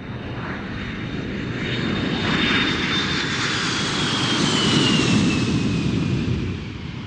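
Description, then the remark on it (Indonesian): A steady airplane engine roar with a thin high whine that slowly drops in pitch, swelling louder through the middle before easing off at the end. No voices. “Kemudian, bungkukkan badan dan julurkan kaki kanan ke belakang sambil menirukan suara pesawat terbang.”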